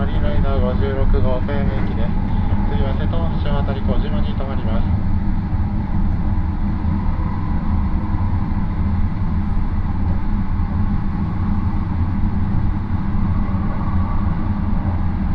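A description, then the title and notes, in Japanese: Aboard the Rapid Marine Liner 40 on the Yosan Line from Takamatsu to Okayama, a deep, steady rumble of the running train fills the whole recording. For the first five seconds a voice announcement speaks over it, then only the even, dense rolling drone continues. 予讃線 快速マリンライナー40号 高松→岡山。日も暮れてしまった。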